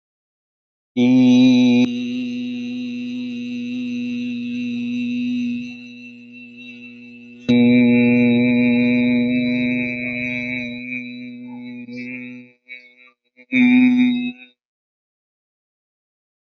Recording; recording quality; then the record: sustained vowel as in beet; excellent, no background noise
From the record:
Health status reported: exposed to COVID-19, no respiratory illness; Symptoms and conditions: muscle pain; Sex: male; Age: 40 years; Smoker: not ticked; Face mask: not worn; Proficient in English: yes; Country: India